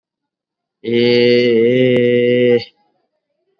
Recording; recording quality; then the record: sustained vowel as in made; excellent, no background noise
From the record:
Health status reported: COVID-19 positive, mild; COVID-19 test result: positive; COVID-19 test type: RT-PCR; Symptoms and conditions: cold, sore throat, fever, fatigue, muscle pain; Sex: male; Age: 36 years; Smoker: no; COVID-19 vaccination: both doses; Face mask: worn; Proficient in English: yes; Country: India